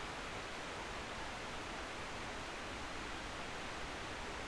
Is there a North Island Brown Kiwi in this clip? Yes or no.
no